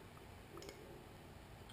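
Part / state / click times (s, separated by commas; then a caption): folding knife blade locking into its frame lock / seated / 0.6 s, 1.7 s. The blade of a Spyderco Cricket stainless steel folding knife is opened by hand against steady low background noise, and two clicks are heard. The first click at 0.6 s, with small ticks just after, is the ball detent releasing; the second at 1.7 s is the frame lock snapping in behind the blade. The blade is locked in place.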